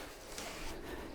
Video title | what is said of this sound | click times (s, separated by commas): Doğalgaz Tasarrufu | birşey alabilirsiniz tabi bunları tam oturmalı şu anda tam oturdu | 0.4 s